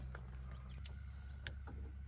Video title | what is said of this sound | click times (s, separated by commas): How to remove front door panels/ replace speakers (99-07) Ford Super Duty pickup trucks | click right in | 1.5 s